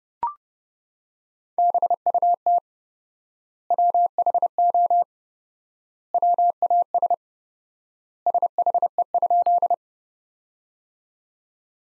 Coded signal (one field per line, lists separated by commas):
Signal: Morse code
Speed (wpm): 30 wpm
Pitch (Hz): 700 Hz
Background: none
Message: BUT WHO WAS SHE?